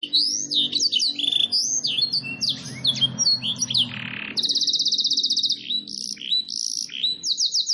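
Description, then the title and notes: Domestic canary singing a fast run of swooping chirped notes, then switching to long rattling trills and repeated buzzy phrases toward the end. Long, highly active canary song used as a training master song and as a lure for wild canaries. "Pikat Kenari GACOR PANJANG INI Cocok Untuk Masteran KENARI LIAR. Masteran burung kenari gacor parah"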